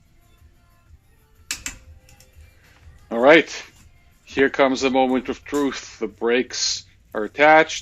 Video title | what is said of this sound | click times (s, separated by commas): Swapping the rear axle and the front diff on a Nissan Xterra | So listen for the click. | 1.5 s, 1.7 s